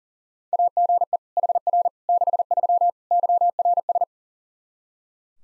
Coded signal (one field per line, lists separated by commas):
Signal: Morse code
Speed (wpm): 40 wpm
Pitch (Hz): 700 Hz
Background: none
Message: AGE HR 63 YRS